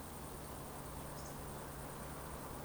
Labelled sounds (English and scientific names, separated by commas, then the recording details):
Eurasian Woodcock (Scolopax rusticola) whistle
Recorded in Baden-Württemberg, Germany, on 23 June 2020 at 20:21 UTC
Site 14569, 102 m above sea level